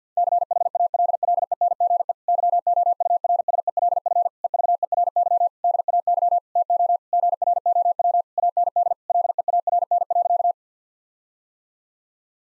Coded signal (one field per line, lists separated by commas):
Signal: Morse code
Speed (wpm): 50 wpm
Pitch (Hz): 700 Hz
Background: none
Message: CHALLENGE YOURSELF EVERY DAY TO GROW AND LEARN.